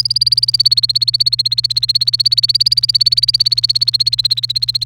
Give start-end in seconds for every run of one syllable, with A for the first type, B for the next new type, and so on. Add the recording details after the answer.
0.00-4.86 A. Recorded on 29 April 2018 at 06:34. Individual llb3